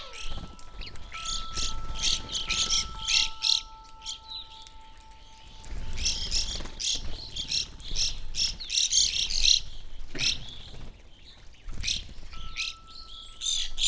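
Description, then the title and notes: Evening grosbeak flock calls: bursts of short, chirpy high notes in overlapping clusters, with soft thumps beneath and a faint steady tone. Flock feeding on sunflower seeds at a feeder hanging in a birch tree, backyard in McCloud, Siskiyou County, California, relatively warm winter morning; microphones placed on either side of the trunk. "I recorded this at my home in the small town of McCloud in Siskiyou County, California. It was a relatively warm winter morning, and a flock of Evening Grosbeaks was busily eating a breakfast of sunflower seeds from a feeder hanging from the branch of a birch tree in my backyard."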